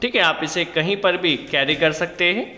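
Someone talks while handling a folded Buildskill metal sawhorse that is being locked for carrying. The locking latch has not yet clicked shut, and nothing has seated in this clip.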